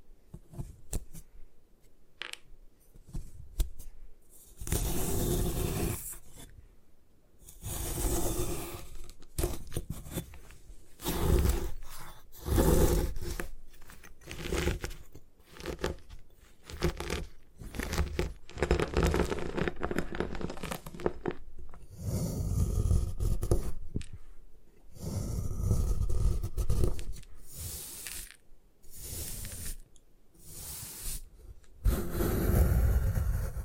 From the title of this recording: Destroy Gym Chalk